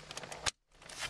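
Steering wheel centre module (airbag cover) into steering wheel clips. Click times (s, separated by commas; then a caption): 0.5 s. On a Land Rover Discovery 4 being upgraded to paddle shift, the steering wheel centre module, likely the airbag cover, is pressed firmly into the wheel after the paddle shift wiring is done. A few light ticks and rustles lead to a sharp click at 0.5 s, followed by a brief silence and then a rising hiss. The module clicks in on its side clips and is seated.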